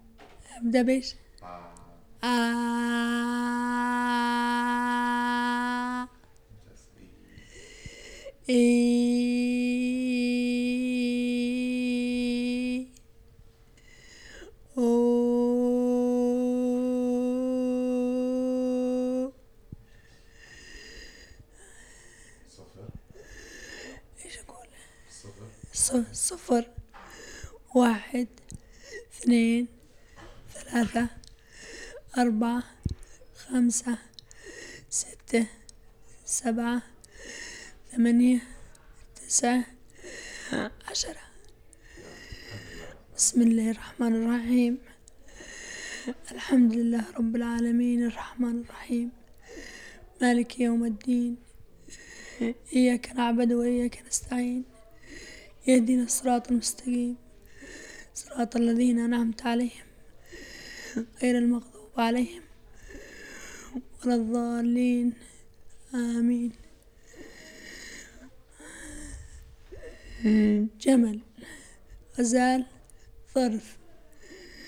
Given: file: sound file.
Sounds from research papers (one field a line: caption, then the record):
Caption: This is a recording of a 34 years old female subject who is suffering from paralysis. The subject has no habit of smoking, perceptual severity is 2 and recording is done before surgery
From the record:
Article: Development of the Arabic Voice Pathology Database and Its Evaluation by Using Speech Features and Machine Learning Algorithms